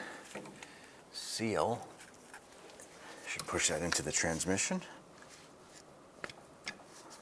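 Someone talks while the inner end of a new CV axle is lined up in the seal and pushed by hand into the transmission differential of a 2001-2005 Honda Civic, followed by a few faint sharp taps near the end. The axle has not seated or clicked into the transmission yet; it is not fully in and not flush.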